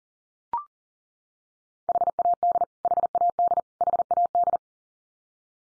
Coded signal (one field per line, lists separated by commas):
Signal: Morse code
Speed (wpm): 40 wpm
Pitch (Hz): 700 Hz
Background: none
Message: HAD HAD HAD